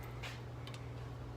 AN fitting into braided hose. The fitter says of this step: that just you'll feel it click into the hose and then